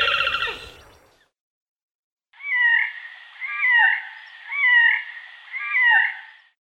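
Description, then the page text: Horned grebe calls: a brief harsh burst, a pause, then four drawn-out, wailing nasal notes, each about a second apart. "Красношейная поганка - Podiceps auritus"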